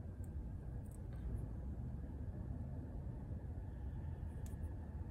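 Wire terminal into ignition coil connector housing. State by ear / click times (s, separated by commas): not seated / none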